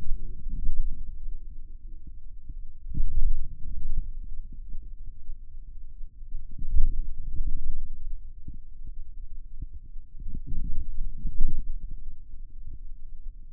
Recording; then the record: forearm muscle sounds (acoustic myography)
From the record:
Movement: radial deviation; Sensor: system 2, bracelet of six BSWA MPA416 microphones around the upper forearm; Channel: 4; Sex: male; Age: 22 years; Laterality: right